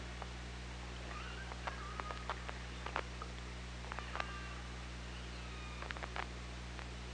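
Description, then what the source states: Killer whale clicks in scattered sharp bursts throughout, with a few faint tonal calls between them, over constant low-frequency hum. Underwater hydrophone at OrcaLab, 24 August 2017, around 18:05.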